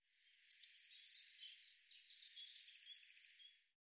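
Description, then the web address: Eurasian blue tit gives two close calls, each with quick high introductory notes and a rattling high-pitched trill, separated by a short pause. "cianscape birddata Deverinetal 2025 File cleaned normalized Bird Cy Ca"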